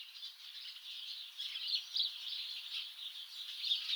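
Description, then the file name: House sparrow: a dense, steady chatter of quick, high chirps running together without pause, a few sharper notes standing out. "Passer domesticus"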